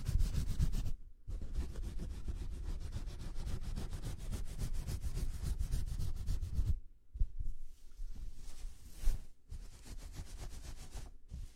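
A head and shoulder massage: rapid, regular rubbing strokes of hands against skin and hair, dense and full in the low range. The rubbing breaks off briefly near the first second and again after seven seconds, turning softer and more scattered toward the end.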